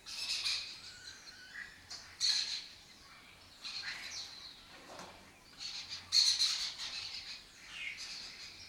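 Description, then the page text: Lesser kestrel calls in scratchy chattering bursts separated by quieter gaps, irregularly spaced. Breeding colony in an abandoned building complex in Doñana, southern Europe; migratory raptor that forages in West Africa and breeds in southern Europe. "Lesser Kestrels Took Over an Abandoned Building - wp.earth.fm. A migratory raptor wich spends its foraging time in West Africa and breeds in southern Europe. Here in Doñana"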